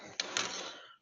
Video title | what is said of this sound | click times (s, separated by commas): Asus c202 Chromebook #teardown4ed | Okay, and we're going to just put this back. It snaps back in place. | 0.2 s, 0.4 s